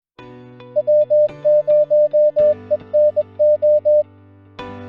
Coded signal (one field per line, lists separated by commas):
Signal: Morse code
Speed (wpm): 21 wpm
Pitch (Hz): 600 Hz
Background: music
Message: W0ENO